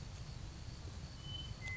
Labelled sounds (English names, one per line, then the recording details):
Western Meadowlark
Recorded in Sonoma County, California